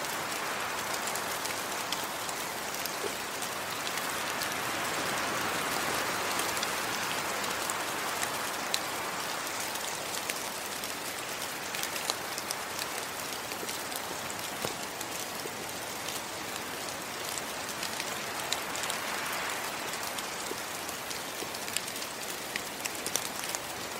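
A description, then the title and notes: Rain patters steadily on leaves, a dense, even hiss of countless small drops with occasional sharper ticks. A soft rush of wind swells gently around the middle and again near the end, while the overall level stays constant throughout. Forest Rain and Wind.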